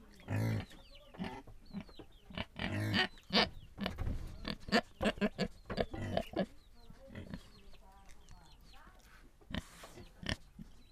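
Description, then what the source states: Pigs squeal loudly in drawn-out bursts early on, then grunt in quick runs; faint bird chirps continue in the background. Pigs recorded in Viñales.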